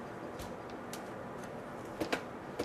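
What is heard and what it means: The rocker-mode part on the frame of a plastic Maxi Cozi Kori Rocker baby rocker chair is worked by hands with arthritis, with soft fumbling taps and handling noise, including a tap near 0.9 s. A sharp click at 2.1 s marks the part seating into place for rocking mode, followed by a last small tap at the end.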